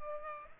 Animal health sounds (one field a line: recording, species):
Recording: mosquito wingbeat signal from an infrared sensor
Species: Culex pipiens